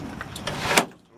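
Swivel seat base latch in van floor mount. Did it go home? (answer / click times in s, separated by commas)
yes / 0.8 s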